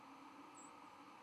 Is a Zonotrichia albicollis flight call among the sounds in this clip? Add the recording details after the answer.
no. Another species' flight call is heard. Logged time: 01:04 on 12 November 2014